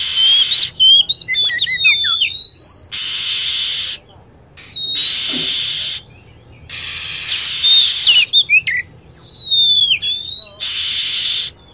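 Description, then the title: Lovebird sounds: bright, quickly falling chirps and squeaky twitters in bunches, separated by broad hissing stretches lasting about a second each. Lure recording used to attract lovebirds. "PIKAT BURUNG LOVEBIRD"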